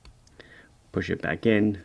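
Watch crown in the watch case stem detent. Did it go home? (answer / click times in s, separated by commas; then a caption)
released / 0.0 s, 0.3 s. The crown of an Islander automatic dress watch is pulled out through two detent positions on the case stem to set the time, giving two small clicks at 0.1 s and 0.3 s as it reaches the time-setting position. Someone then talks.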